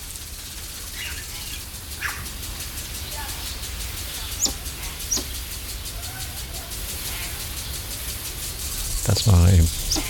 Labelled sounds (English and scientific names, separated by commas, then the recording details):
Helmeted Curassow (Pauxi pauxi) call
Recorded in captivity
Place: Zoo Berlin, Berlin, DE
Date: 1996-06-01 12:44
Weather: sonnig, 22°C
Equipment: Sony MD-WM MZ-R3, Sennheiser MKH 416 T, Kopie Uher 4000 Report Monitor
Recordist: Tembrock, Günter
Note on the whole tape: Lautfolgen, baumt auf